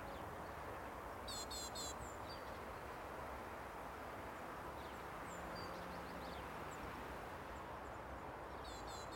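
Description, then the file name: Great tit calls: a quick burst of three sharp, high stacked notes near the start and again at the end, with a few thin chips between, over a steady low rumble. "Parus major"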